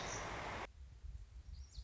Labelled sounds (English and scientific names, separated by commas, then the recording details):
Lazuli Bunting (Passerina amoena)
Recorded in Sonoma County, California